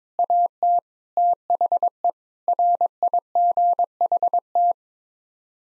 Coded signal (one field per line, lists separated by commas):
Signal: Morse code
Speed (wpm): 22 wpm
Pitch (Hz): 700 Hz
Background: none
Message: AT THE RIGHT